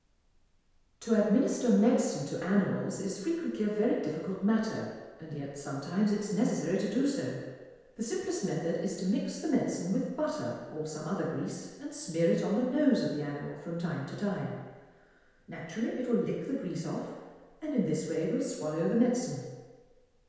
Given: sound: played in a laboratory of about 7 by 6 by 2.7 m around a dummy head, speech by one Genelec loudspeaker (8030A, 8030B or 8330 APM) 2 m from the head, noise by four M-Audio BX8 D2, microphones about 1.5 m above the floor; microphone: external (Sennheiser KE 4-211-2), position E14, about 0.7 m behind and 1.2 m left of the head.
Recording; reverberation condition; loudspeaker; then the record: female speech in English; high; 150 degrees to the right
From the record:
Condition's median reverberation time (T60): about 1300 ms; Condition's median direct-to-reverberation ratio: about -4.0 dB